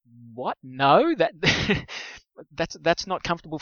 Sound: laughs